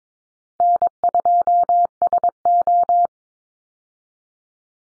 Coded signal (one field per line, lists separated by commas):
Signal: Morse code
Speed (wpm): 22 wpm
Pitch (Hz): 700 Hz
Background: none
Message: N2SO